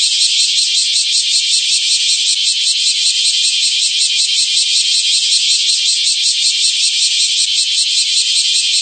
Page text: クマゼミ(蝉）の鳴き声-sound-HIRingtone